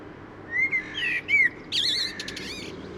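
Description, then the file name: Common blackbird singing: mellow whistled notes sliding up and down, then a strained, wavering high twitter closing the phrase. "Common Blackbird Turdus merula"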